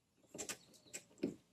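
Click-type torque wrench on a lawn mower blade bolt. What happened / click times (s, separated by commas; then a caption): The torque wrench clicked at its set torque / 0.5 s. A click-type torque wrench is pulled again on the blade bolt of a Honda HRC216 commercial lawn mower during blade sharpening. A small, short click at 0.5 s confirms the bolt has reached 40 ft-lb. Further brief knocks follow at about 1.0 s and 1.2 s.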